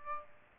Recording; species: mosquito wingbeat signal from an infrared sensor; Aedes aegypti